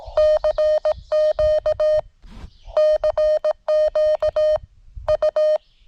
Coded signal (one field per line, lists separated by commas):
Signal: Morse code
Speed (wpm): 18 wpm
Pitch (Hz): 610 Hz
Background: none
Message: CQ CQ U